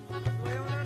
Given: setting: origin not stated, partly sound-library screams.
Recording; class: one-second piece from a danger detection set; normal situation